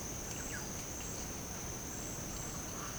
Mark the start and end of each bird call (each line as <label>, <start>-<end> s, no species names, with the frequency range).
bird call (0.7-3.8 kHz), 0.20-0.72 s